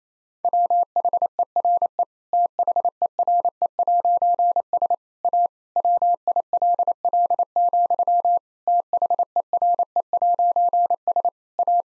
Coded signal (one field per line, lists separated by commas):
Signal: Morse code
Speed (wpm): 28 wpm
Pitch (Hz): 700 Hz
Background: none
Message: WHERE THERE'S A WILL, THERE'S A